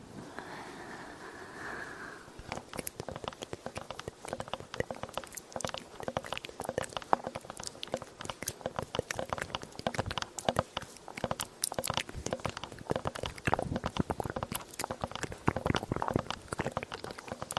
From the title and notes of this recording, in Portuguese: ASMR usando o microfone TASCAM, fazendo sons de boca e tapping na sensibilidade máxima.